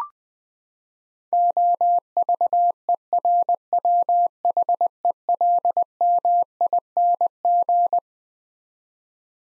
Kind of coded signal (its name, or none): Morse code